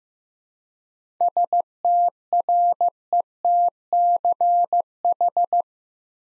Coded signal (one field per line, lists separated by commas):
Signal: Morse code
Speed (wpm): 15 wpm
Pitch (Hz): 700 Hz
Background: none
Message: STRETCH